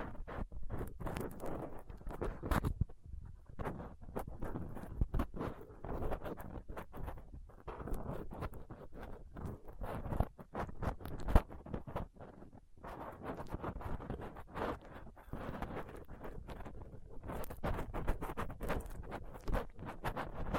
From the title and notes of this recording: ASMR Rough Mic Picking using Dental PickTweezersCotton Swab (No Talking).